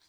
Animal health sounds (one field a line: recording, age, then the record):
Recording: pig call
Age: piglet (1 to 25 days)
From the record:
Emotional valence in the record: positive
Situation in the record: short reunion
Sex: male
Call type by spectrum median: high-frequency call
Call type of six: low-frequency tonal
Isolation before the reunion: 3 minutes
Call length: 0.09 s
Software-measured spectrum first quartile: 3046 Hz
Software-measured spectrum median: 4334 Hz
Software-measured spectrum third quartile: 6011 Hz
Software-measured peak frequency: 4143 Hz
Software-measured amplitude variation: 59 dB a second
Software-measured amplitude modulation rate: 5.4 a second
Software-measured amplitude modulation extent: 11.1 dB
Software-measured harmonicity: -0.4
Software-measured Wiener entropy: -0.86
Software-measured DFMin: 1028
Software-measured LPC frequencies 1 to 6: 888, 1682, 3448, 4154, 4819, 5837 Hz